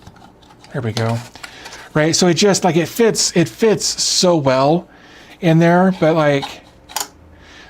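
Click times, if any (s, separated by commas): 7.0 s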